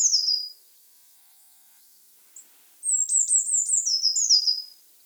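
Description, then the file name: Eurasian blue tit calls, a short high phrase, a long pause, then a longer run of high notes dropping into a fast stuttering churr. "Cyanistes caeruleus"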